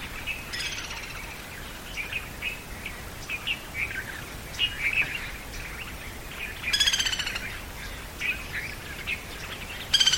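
White-headed jungle babbler harsh calls, scattered squeaky chatter broken by three loud rasping bursts at the start, later on and at the very end.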